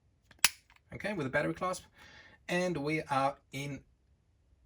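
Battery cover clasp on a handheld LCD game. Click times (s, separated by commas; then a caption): 0.5 s. The plastic battery clasp on the back of a 1981 Nintendo Game & Watch Manhole (MH-06) handheld LCD game is pressed shut after the button-cell batteries are fitted, giving one sharp, loud click at 0.5 s. Someone then talks. The clasp is seated and closed.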